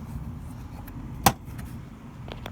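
A metal spring latch on the engine air filter housing of a 2011 Honda Odyssey EX-L is released by hand, and the second air box latch pops open with one loud sharp click at 1.3 s. A few faint ticks sound around it over low background rumble, and the housing is now open.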